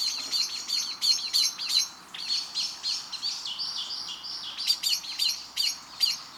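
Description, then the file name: Eurasian blackbird uttering steady, insistent chink calls, short and metallic, in close series with brief gaps. "Turdus merula"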